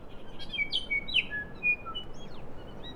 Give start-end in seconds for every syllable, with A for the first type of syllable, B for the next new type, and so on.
0.25-0.31 A, 0.38-0.44 A, 0.48-0.63 B, 0.69-0.78 C, 0.88-0.99 D, 1.06-1.20 B, 1.29-1.43 E, 1.54-1.74 F, 1.84-2.02 G, 2.13-2.41 H, 2.56-2.62 A, 2.66-2.73 A, 2.79-2.93 I